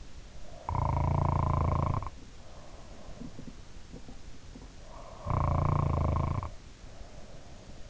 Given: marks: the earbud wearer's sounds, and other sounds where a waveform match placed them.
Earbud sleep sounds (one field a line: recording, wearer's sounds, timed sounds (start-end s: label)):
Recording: sounds in sleep by an in-ear microphone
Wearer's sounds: snoring breath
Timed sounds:
0.21-3.68 s: snoring breath
4.66-7.90 s: snoring breath